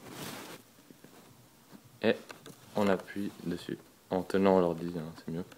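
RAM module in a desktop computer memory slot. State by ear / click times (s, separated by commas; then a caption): not seated / none. A RAM module is placed into a memory slot in a desktop computer and lined up before being pressed, with soft rustling and handling noise in the first half-second and someone talking over the rest. Nothing has seated or clicked yet.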